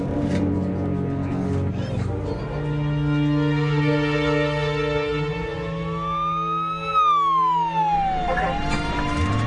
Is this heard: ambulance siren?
yes